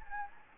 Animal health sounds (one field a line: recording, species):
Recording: mosquito wingbeat signal from an infrared sensor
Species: Anopheles gambiae